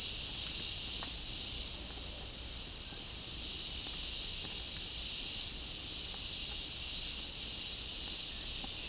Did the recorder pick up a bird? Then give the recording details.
no. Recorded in dense forest near Puerto Asís, Putumayo, Colombia, on 15 December 2024 at 10:00. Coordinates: 0.499, -76.324. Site G045